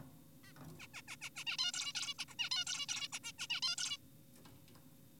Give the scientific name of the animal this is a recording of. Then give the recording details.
Taeniopygia guttata. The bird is an adult. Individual g4p5U